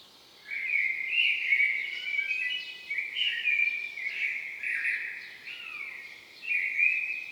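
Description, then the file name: Common blackbird with a steady run of bright, warbling chatter after a short quiet start, rising and falling with a thin downslurred note near the end. "Turdus merula"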